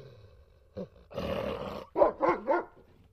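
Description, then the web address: Dog with a short grunt, a rough growl, then three quick barks closing the sequence. Growling and barking. "Technology sounds Dog growling and barks"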